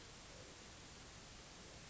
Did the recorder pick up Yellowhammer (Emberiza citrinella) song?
no